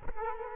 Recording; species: mosquito wingbeat signal from an infrared sensor; Culex quinquefasciatus